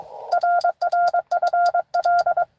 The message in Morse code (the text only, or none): RR FL